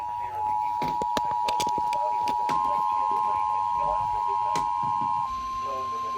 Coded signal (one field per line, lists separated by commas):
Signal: Emergency Alert System (SAME) tones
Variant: 853 and 960 Hz attention tone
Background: speech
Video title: EAS 124 WILMINGTON SEVERE THUNDERSTORM WARNING